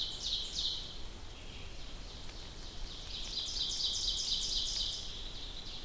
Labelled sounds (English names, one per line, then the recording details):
Ovenbird song
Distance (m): 45 m
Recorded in boreal forest in Alberta, Canada, on 2 June 2016 at 07:39
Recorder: SongMeter 3, array SBT-3-7
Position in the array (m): 46 m, 152 m
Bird 4